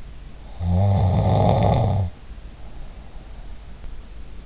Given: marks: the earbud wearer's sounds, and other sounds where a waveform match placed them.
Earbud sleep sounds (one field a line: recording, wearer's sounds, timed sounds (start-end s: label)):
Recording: sounds in sleep by an in-ear microphone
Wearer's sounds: snoring breath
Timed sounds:
0.62-3.50 s: snoring breath